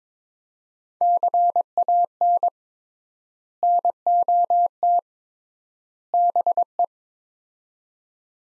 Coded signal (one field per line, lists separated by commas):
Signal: Morse code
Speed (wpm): 22 wpm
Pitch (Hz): 700 Hz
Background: none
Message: CAN NOT BE